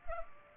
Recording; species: mosquito wingbeat signal from an infrared sensor; Culex pipiens